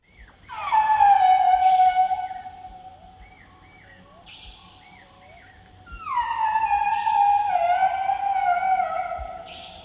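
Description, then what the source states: Asian elephant calls: a long, loud tonal blare with strong overtones, then short squeaky rising notes, then a second sustained blare that slowly drifts lower. Recorded in Nepal in March 1999.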